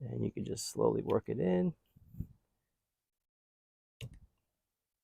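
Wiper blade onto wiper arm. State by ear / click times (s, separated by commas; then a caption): seated / 4.0 s. A passenger-side HEPA King silicone beam wiper blade for a Tesla Model 3 is slid onto the wiper arm hook and worked in slowly while someone talks. After a pause, a sharp click sounds at 4.0 s as the blade seats and the locking tab pops up.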